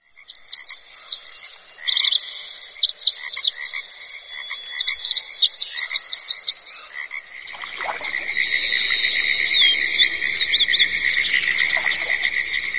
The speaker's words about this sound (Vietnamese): Tiếng ve ngân râm ran, tiếng chim rúc rích trên tán cây cao, hòa quyện tiếng bước chân dẫm lên lá khô xào xạc, tạo thành một bản nhạc rừng thật vui tai.